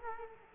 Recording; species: mosquito wingbeat signal from an infrared sensor; Culex quinquefasciatus